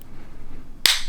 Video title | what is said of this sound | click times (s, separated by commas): BMW 4 Series F32 435i Key Fob Battery Replacement | you hit that snap, you hear that snap, it'll come right off. | 0.9 s